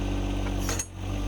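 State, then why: Not seated. After its pin is removed, the steel outrigger of a 260B backhoe on a John Deere 2025R Gen 2 compact tractor is raised hydraulically toward its stowed lock on the backhoe frame, over a steady low engine and hydraulic drone. Brief metallic clinks ring out at about 0.7 s and 0.8 s, then the sound dips slightly. The outrigger has not yet locked or seated when the clip ends.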